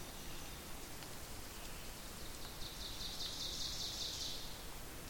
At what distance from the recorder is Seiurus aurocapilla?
about 85 m